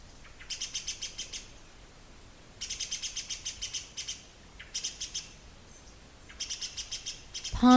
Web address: cries of a disturbed great spotted woodpecker dendrocopos major